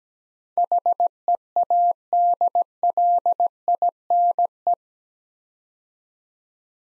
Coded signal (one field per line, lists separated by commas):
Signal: Morse code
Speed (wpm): 17 wpm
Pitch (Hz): 700 Hz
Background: none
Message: HEADLINE